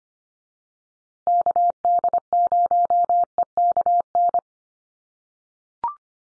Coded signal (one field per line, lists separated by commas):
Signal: Morse code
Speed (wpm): 25 wpm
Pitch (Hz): 700 Hz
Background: none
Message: KD0EKN